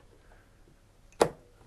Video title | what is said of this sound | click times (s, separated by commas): School Radio - Starter Studio Package - Setting Up from Scratch | plug that in there, clicks in place. That's now done. | 1.2 s